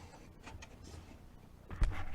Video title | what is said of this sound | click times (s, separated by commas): How to change an Ignition Switch / Key Switch on a John Deere L100 | and just push it back down in there until it snaps into place | 1.8 s